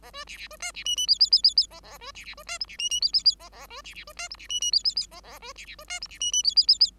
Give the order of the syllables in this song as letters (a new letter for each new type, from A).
A B C C B D C E E F F F F F A A B C C B D G C E E F F F A A B C C B D G C E E F F F A A B C C B D G C E E F F F F